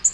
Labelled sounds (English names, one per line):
Black-throated Green Warbler flight call